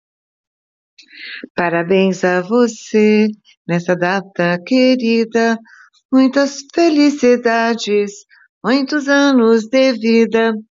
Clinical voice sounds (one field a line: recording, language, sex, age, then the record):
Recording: short text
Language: Brazilian Portuguese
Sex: female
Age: 60 to 69 years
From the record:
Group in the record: control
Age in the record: 64 years